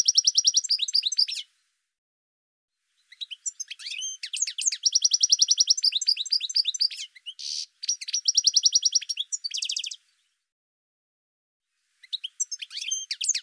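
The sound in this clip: Bird song in bursts of rapid high trills and chirps, broken by two pauses of a second or two before singing resumes.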